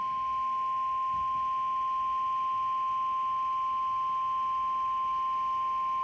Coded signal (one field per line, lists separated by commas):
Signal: Emergency Alert System (SAME) tones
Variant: 1050 Hz attention tone